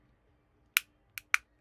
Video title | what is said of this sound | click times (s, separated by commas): Webcam Hacking Livestream - Checking out a new camera and more | I don't know if you heard that click but that was a good click | 0.8 s, 1.3 s